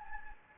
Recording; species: mosquito wingbeat signal from an infrared sensor; Anopheles gambiae